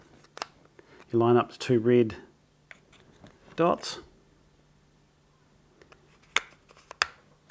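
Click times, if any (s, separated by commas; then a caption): 7.0 s. Someone talks while a lens hood for a Sony 24mm F2.8 G lens is lined up by its red dot with the dot on the lens, then twisted onto the bayonet at the front of the lens barrel, making soft ticks and taps along the way. A loud, sharp click at 7.0 s is the hood locking into place, and the fit feels well made.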